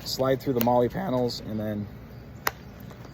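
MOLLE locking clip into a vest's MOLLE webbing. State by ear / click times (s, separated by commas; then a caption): seated / 2.5 s. Someone talks while a polymer MOLLE locking clip is slid through the MOLLE webbing of a vest panel and pushed until it snaps shut. A sharp, loud click at 2.5 s marks the clip seating into place, followed by a faint tick at 2.9 s.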